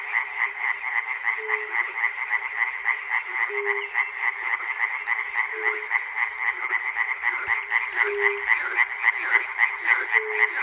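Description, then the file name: Frogs calling in a steady chorus of rapid rattling croaks, a brief low tone returning roughly every two seconds. Recorded at Chernobyl. "peter cusack-chernobyl frogs"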